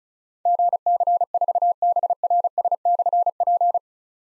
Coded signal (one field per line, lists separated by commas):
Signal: Morse code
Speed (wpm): 36 wpm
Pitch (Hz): 700 Hz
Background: none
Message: GC4BRS/P